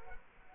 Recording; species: mosquito wingbeat signal from an infrared sensor; Culex quinquefasciatus